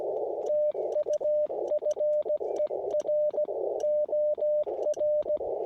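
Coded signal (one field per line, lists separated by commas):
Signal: Morse code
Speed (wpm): 17 wpm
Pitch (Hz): 600 Hz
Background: radio noise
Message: TU FER OR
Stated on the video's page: Park activation at Santa Rosa Plateau Ecological Reserve, including a DX contact; windy conditions.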